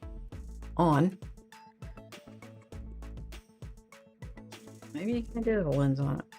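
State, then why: Not seated. A lens is being handled onto a camera body's bayonet mount, twisted toward locking, while someone talks over background music. Short handling sounds come through between the words. Nothing has seated or clicked yet.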